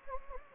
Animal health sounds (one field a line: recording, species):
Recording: mosquito wingbeat signal from an infrared sensor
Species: Anopheles gambiae